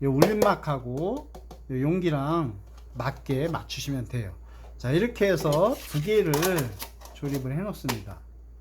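A craft damaru drum membrane piece is lined up with its plastic container while someone talks, as part of building the drum from recycled materials. Only speech and light handling are heard, and nothing has seated or clicked yet.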